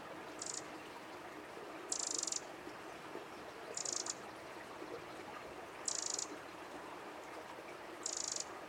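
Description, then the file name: Eurasian wren: rasping, grating high notes about every two seconds, some longer than others, over constant low hiss. "Troglodytes troglodytes"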